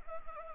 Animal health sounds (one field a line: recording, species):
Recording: mosquito wingbeat signal from an infrared sensor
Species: Anopheles arabiensis